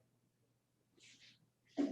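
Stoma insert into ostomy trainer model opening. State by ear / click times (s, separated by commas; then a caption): not seated / none. A stoma insert is pulled through the opening of an ostomy trainer model and pulled tight, before it is pushed in from the front. A low steady hum runs under soft, hissy handling noises around 1.0–1.4 s, then a louder, fuller burst of handling sound starts near 1.8 s and runs to the end. Nothing has seated or clicked yet.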